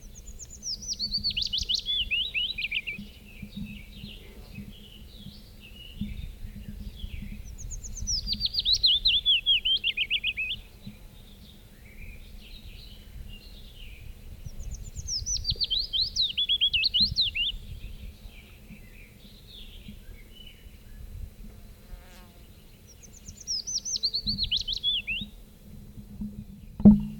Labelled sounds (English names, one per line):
Willow Warbler song